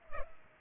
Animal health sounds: mosquito wingbeat signal from an infrared sensor; Culex pipiens

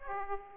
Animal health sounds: mosquito wingbeat signal from an infrared sensor; Aedes aegypti

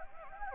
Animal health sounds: mosquito wingbeat signal from an infrared sensor; Anopheles gambiae

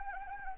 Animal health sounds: mosquito wingbeat signal from an infrared sensor; Anopheles arabiensis

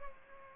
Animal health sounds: mosquito wingbeat signal from an infrared sensor; Culex pipiens

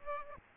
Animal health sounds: mosquito wingbeat signal from an infrared sensor; Aedes aegypti

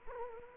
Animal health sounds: mosquito wingbeat signal from an infrared sensor; Culex quinquefasciatus

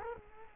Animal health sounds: mosquito wingbeat signal from an infrared sensor; Culex quinquefasciatus

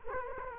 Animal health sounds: mosquito wingbeat signal from an infrared sensor; Culex quinquefasciatus

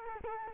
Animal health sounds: mosquito wingbeat signal from an infrared sensor; Culex quinquefasciatus

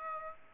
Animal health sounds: mosquito wingbeat signal from an infrared sensor; Aedes aegypti

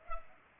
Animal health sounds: mosquito wingbeat signal from an infrared sensor; Culex pipiens

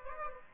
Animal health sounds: mosquito wingbeat signal from an infrared sensor; Aedes aegypti

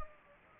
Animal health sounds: mosquito wingbeat signal from an infrared sensor; Anopheles gambiae

